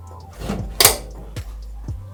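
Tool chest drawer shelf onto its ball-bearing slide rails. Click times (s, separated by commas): 0.8 s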